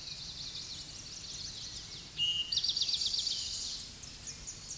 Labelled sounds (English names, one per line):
Eastern Towhee song